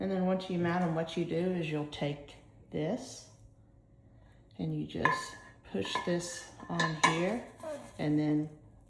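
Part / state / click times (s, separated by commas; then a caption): rail piece onto wall-mounted tool storage rail / not seated / none. A storage rail cover piece is handled and pushed onto a mounted rail of a 64-inch heavy-duty garage wall tool storage rack with adjustable double-layer hooks while someone talks throughout. The clip ends before the piece goes home, so nothing has seated or clicked yet.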